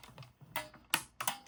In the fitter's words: Hear that audible click? I mean, it's in there.